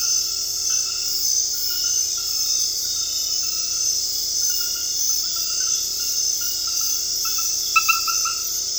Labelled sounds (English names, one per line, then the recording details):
none
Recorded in dense forest near Puerto Asís, Putumayo, Colombia, on 18 February 2024 at 00:00
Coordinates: 0.485, -76.318
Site G6408